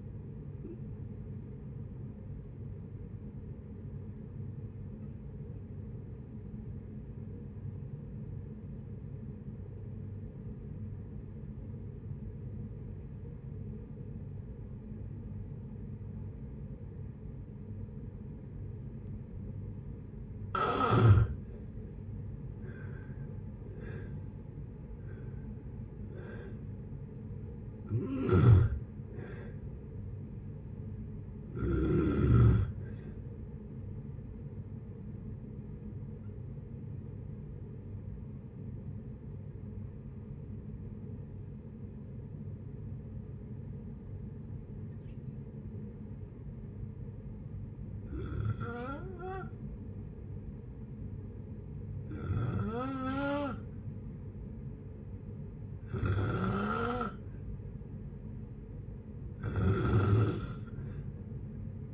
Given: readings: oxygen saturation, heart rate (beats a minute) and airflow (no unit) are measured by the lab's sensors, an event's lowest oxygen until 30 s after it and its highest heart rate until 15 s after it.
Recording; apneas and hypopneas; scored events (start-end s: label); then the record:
breathing in sleep by a smartphone at the bedside; 2
7.00-24.10 s: obstructive apnea (N1, oxygen 96% highest, then 80% lowest, heart rate 58 at the start, 72 highest)
8.00-61.94 s: new sleep stage, N2 (light sleep)
35.00-55.70 s: hypopnea (N2, oxygen 96% highest, then 89% lowest, heart rate 65 at the start, 65 highest)
From the record:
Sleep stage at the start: N1 (lightest sleep); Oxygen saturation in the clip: 80 to 96%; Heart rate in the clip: 56 to 72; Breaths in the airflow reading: 8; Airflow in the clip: -8.1 to 9.6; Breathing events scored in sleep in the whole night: 496 in 5.4 hours asleep